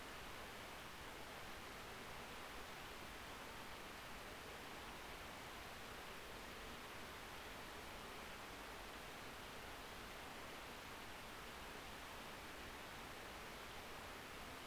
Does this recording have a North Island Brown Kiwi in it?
no